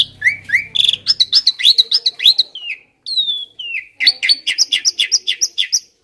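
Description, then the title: Asian pied starling song, a fast string of high chirps and descending whistles, pausing briefly, then resuming with rapid repeated squeaky notes. Training (masteran) recording of pied starling song, said to be effective for birds that sing too little or are listless. "Masteran Jalak Suren AMPUH Dan EFEKTIF Atasi Burung KURANG GACOR Dan LOYO"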